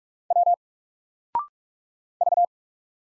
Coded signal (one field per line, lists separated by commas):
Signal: Morse code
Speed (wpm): 44 wpm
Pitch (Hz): 700 Hz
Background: none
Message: W V